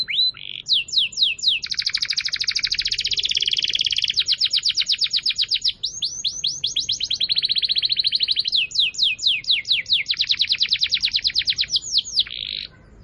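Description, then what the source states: Atlantic canary song made of continuous rolling trills that shift from phrase to phrase with hardly a pause, loud and high-pitched throughout. Song used as a lure to attract birds.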